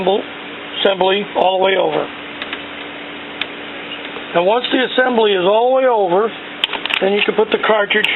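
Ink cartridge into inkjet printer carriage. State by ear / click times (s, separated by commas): not seated / none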